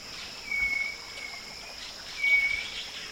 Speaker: Another rufous-backed robin is answering the closer individual with the same type of whistle.